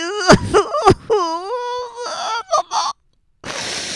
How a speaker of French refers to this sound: Ma petite fille. Ah non, hey, en parlant, on va arrêter de pleurer, là. Sèche tes pleurs, sèche tes pleurs. En prie, je t'en prie, je t'en prie, sèche tes pleurs.